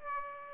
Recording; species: mosquito wingbeat signal from an infrared sensor; Aedes aegypti